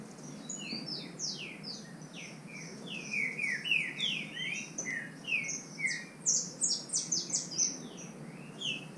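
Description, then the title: Green-winged saltator song: dense, overlapping whistled phrases of falling slurs, louder and busier after the first few seconds. Bird named Nicão in the bush (mato), competing in song with a free bird. "Trinca Ferro NICÃ O"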